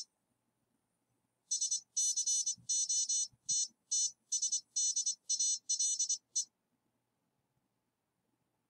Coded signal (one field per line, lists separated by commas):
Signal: Morse code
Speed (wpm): 24 wpm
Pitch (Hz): 3000 Hz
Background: none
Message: SCOTTSDALE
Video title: Begali - The CW Machine - Autologging with Keywords explained using The CW Machine logging software.